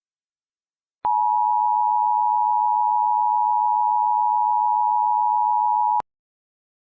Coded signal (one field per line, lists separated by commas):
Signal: Emergency Alert System (SAME) tones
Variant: 853 and 960 Hz attention tone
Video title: EAS Scenario: Smelted